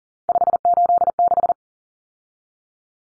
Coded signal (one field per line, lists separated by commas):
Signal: Morse code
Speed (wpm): 40 wpm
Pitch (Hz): 700 Hz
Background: none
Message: 586